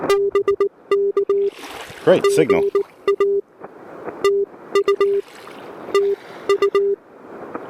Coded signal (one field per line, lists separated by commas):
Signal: Morse code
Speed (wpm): 19 wpm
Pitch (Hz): 400 Hz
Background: speech, music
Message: BK GA TU TU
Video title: POTA ATNO: Pedestrian Mobile QRP from One of My Favorite Places on Planet Earth!